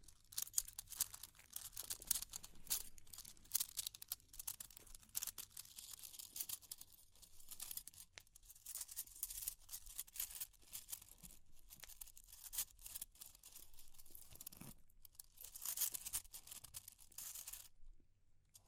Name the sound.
Fire Crackling, Tapping, Scratching